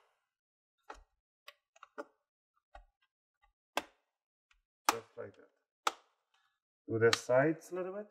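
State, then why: Released. A pick is worked along the side of an ASUS Transformer Book Flip TP501U laptop, and the plastic bottom-cover clips in the chassis click open one after another at 3.8, 4.9 and 5.9 seconds, releasing the bottom cover along the side. Softer ticks come before them, and someone talks at the end.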